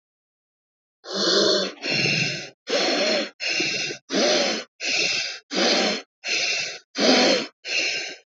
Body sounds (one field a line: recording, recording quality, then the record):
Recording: shallow breathing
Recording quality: excellent, no background noise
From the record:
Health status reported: healthy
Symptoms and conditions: cough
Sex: female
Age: 30 years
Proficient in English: yes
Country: India